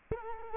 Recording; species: mosquito wingbeat signal from an infrared sensor; Culex quinquefasciatus